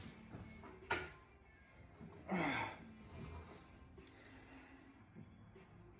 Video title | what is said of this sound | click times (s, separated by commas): Hemi eTorque bearing replacement for Dodge Ram | Okay. So, we got this snap right in here. | 0.9 s